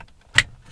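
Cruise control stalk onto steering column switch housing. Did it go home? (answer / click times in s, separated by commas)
yes / 0.4 s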